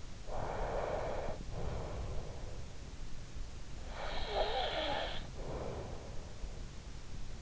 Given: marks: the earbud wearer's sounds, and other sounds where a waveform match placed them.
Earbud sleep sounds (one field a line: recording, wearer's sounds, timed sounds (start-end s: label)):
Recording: sounds in sleep by an in-ear microphone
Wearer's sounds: breath, snoring breath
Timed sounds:
0.26-2.45 s: breath
3.90-6.25 s: snoring breath